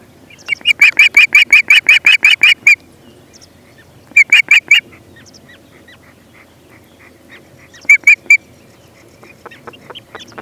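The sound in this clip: Osprey calling a long rapid string of sharp whistled notes, followed by a shorter burst and a final brief group of three, with faint chirps in the background.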